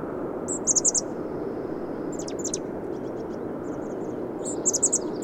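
Bird song of quick, glittering high trills at start and end, with soft high twitters and short downslurred notes between, over steady hiss.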